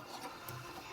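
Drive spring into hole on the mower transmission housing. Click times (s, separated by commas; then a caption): 0.5 s. A steel drive tension spring on a Toro 30" TurfMaster/TimeMaster mower is pulled down with a hook puller and stretched over a steady scraping, rubbing background. It snaps into its hole on the side of the transmission housing with a short sharp click at 0.5 s, and the spring is seated.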